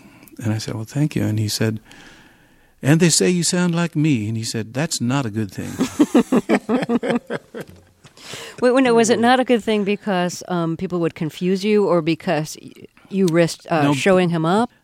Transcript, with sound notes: And I said, well, thank you. And he said: And they say you sound like me. And he said that's not a good thing.
(Soundbite of laughter)
Now, was it not a good thing because people would confuse you or because you risked showing him up?